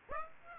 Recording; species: mosquito wingbeat signal from an infrared sensor; Aedes aegypti